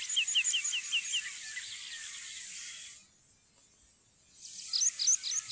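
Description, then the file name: Meadow pipit song with quick paired high notes that slide downward, a short quiet gap, then more bright chirps resuming; light background hiss. "heipipelerke"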